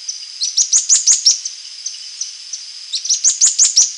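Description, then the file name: Bird giving shrill chirps, two rapid bursts of sharp descending notes separated by a short pause, with a constant high hum beneath. "SABIOD 50 bird 2015"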